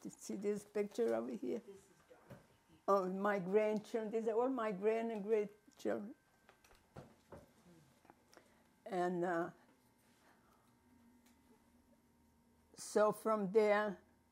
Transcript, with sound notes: See this picture over here. My grandchildren. These are all my grand and great — children. (long pause) And so from there,